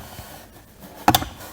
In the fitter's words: you hear that snap pushes right back into place